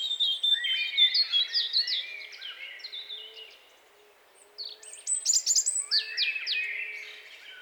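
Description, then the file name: European robin song: tumbling warbled phrases, a short pause, then another run of high twittering notes. "Erithacus rubecula"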